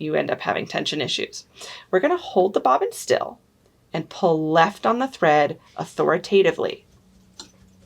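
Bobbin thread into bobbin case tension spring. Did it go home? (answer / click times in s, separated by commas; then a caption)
yes / 7.4 s. Someone talks about threading a Pfaff Icon or Expression sewing machine, holding the bobbin still in the bobbin case and pulling the thread left firmly. At 7.4 s a short, sharp click is heard as the bobbin thread snaps under the bobbin case tension spring. The thread is seated in the tension system, and without that click stitching comes out wrong.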